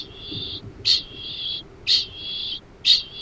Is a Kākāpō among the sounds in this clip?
yes